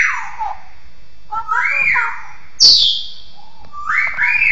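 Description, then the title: Bird giving a descending whistled slur, then arched whistles, a sharp high burst and rising whistles. "SuaraBurung Kicau1"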